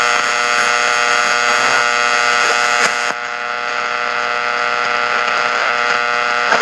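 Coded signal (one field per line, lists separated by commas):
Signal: channel marker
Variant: UVB-76 buzzer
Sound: harsh steady electric buzz with rich overtones, slight break midway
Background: radio static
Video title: Strange Sounds Heard on UVB-76 (4620 to 4630 KhZ)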